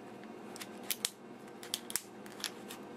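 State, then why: Not seated. A plastic action figure arm is pressed into its shoulder socket, producing a series of short, sharp ticks and snaps at about 0.9, 1.1, 1.7, 2.0 and 2.5 seconds over a quiet background hiss. The arm fits without clicking, and nothing has seated or clicked yet.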